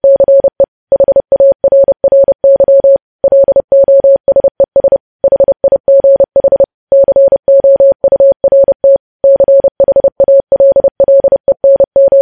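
Morse code tapped out as a steady, clean tone of medium pitch, switching on and off in short dots and longer dashes. The keying is fast and even, grouped into bursts with brief gaps between characters and words, and the background is otherwise silent.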